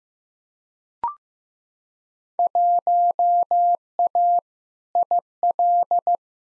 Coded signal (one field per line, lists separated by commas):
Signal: Morse code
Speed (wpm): 15 wpm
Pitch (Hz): 700 Hz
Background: none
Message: 1A IL